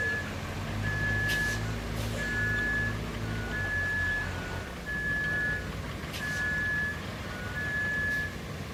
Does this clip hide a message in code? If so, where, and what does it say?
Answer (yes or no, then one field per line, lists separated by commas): no